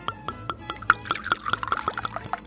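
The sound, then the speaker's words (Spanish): Liquid is poured into two small glasses for a toast at a radio station, in a steady series of quick gurgling pulses, the tone creeping upward as the glass fills; a faint murmur sits underneath. “Sí, sale una copita. Como perfecto. Dos copitas.”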